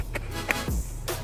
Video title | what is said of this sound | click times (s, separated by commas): SCSR Studios 250,000 Subscriber Countdown Video Jukebox | That just goes on like that and locks in place. | 0.5 s